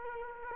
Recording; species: mosquito wingbeat signal from an infrared sensor; Culex quinquefasciatus